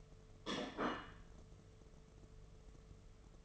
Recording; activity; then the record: daily activity, microphone in the room; place plate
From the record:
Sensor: 4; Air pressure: 1016.0 hPa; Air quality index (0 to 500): 207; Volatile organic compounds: 13 ppm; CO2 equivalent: 2392 ppm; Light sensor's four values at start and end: 12/27/11/10 and 12/27/11/10